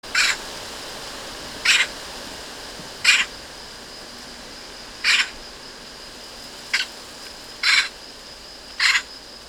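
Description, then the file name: Eurasian magpie giving harsh, rasping single calls, seven in all, spaced roughly one to two seconds apart, with a faint steady high whine running underneath. "Pica pica"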